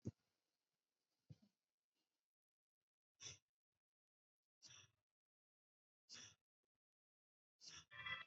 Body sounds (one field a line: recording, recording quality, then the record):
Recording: shallow breathing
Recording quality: excellent, no background noise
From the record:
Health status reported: COVID-19 positive, moderate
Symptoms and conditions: cough, sore throat, fatigue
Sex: female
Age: 48 years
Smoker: not ticked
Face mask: not worn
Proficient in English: no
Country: India